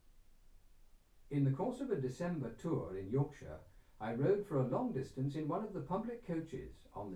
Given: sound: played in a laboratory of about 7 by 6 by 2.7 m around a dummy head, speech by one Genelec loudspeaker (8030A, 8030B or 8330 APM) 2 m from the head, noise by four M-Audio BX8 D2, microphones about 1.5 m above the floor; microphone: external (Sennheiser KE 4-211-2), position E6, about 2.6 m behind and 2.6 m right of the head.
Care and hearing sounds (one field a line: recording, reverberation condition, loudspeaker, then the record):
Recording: male speech in English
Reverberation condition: low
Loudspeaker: behind (180 degrees)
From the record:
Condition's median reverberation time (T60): about 310 ms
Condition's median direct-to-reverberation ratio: about 3.5 dB